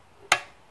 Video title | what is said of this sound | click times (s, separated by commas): Ford Territory SZ diesel oil change and service | hear the click then of the torque wrench | 0.3 s